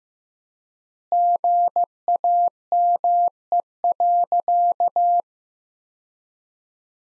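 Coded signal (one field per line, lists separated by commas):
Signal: Morse code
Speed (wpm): 15 wpm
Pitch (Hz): 700 Hz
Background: none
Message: GAME.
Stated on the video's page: Practice sentences from the top 500 words at 15 WPM with 3x word spacing, a Farnsworth-like method applied to words.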